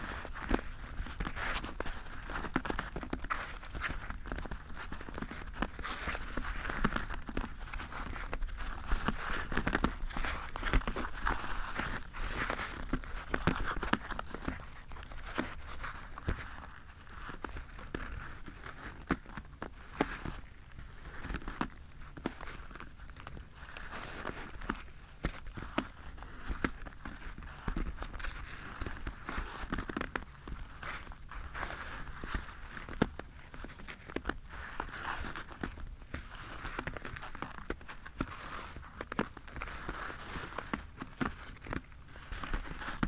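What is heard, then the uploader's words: Continuous rustling and shuffling fills the whole stretch, broken by frequent small taps and scraping strokes at an uneven pace. The sound is dense and crisp, with a steady papery hiss in the middle and upper range and a faint low rumble underneath. Rustling, shuffling, scraping, tapping ASMR.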